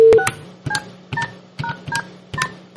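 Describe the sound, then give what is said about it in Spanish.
A sequence of six or seven short telephone keypad tones, each a brief electronic beep pressed at a steady, even pace, with a faint low hum underneath and no voices. “Hostia, pues voy a llamar a ver si tengo suerte.”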